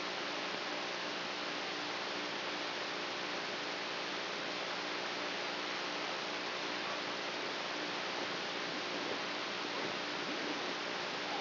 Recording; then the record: brain microelectrode recording played as sound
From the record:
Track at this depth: inside the subthalamic nucleus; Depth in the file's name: 2.005 mm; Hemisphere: right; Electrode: 3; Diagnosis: Parkinson's disease